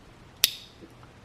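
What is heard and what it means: A second crimped cable terminal is pushed into the battery connector housing while a lithium battery is installed in the Evader, giving a sharp, bright click at 0.4 s followed by a short ringing tail and a faint tick near 1.0 s. The terminal is seated and the connection is confirmed, and the cable is then given a tug.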